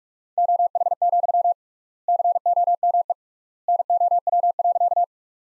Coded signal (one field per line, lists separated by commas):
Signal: Morse code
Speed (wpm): 41 wpm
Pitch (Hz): 700 Hz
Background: none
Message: OH, COME NOW.